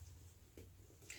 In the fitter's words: make sure you hear a click and